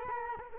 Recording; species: mosquito wingbeat signal from an infrared sensor; Culex quinquefasciatus